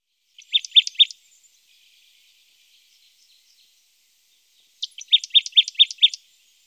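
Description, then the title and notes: Marsh tit giving short song phrases: a few quick chipping notes, a long pause with faint twitters, then a run of several more. Recorded in Germany, Austria or Switzerland. "Sounds of birds from Germany, Austria, Switzerland"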